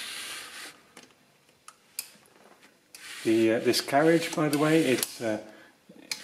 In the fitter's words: This carriage, by the way, it clicks into place, into positions that you can set yourself.